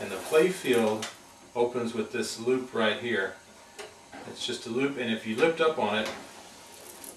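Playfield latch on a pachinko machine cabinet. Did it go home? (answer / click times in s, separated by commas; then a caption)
released / 7.0 s, 7.1 s. Someone talks while lifting up on the wire loop of a Sankyo pachinko machine's playfield, releasing its latch so the playfield can swing open from the cabinet. Two short, sharp latch clicks are heard at 7.0 and 7.1 seconds, and the latch is released.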